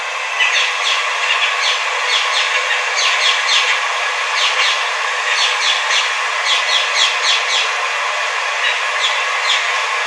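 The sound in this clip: Birds chirping, a busy chorus of quick sharp chirps and twitters over a steady background hiss.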